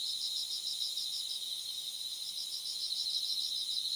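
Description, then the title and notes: Insects in a dense chorus: a steady high shrill drone with a pulsing, rapidly repeated trill layered over it, continuous throughout. Thousands of insects together. "thousands of insects. miduno"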